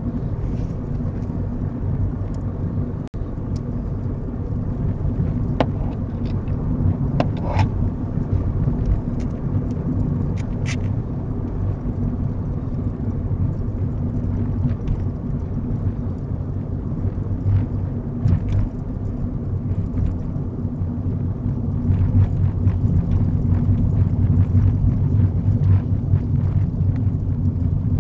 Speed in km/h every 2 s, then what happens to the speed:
42, 40, 42, 44, 44, 40, 39, 39, 37, 35, 34, 31, 27, 21.
0-8 steady at about 42. 8-28 slows to 21.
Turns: none.